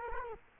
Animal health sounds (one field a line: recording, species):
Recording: mosquito wingbeat signal from an infrared sensor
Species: Culex quinquefasciatus